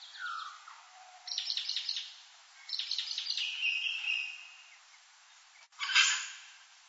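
Magpie chattering in rapid, stuttering runs of harsh notes, followed by a drawn-out note and a final loud scratchy burst.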